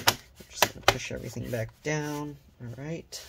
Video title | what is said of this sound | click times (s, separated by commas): Acer Nitro 5 N20C1 AN515-55-53AG Disassembly RAM SSD Hard Drive Upgrade Battery Replacement Repair | all right let's go ahead and snap this all back together pretty simple everything just clicks back into place just push | 0.1 s, 0.6 s